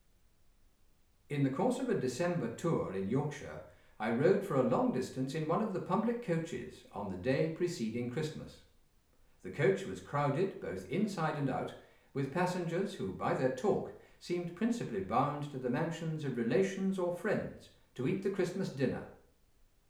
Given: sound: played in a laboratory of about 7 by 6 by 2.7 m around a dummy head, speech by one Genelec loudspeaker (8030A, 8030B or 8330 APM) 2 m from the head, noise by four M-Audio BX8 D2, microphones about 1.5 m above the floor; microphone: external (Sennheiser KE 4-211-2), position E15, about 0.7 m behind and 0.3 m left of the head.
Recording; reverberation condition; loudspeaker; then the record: male speech in English; medium; 90 degrees to the left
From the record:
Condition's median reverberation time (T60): about 510 ms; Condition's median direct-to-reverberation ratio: about -0.5 dB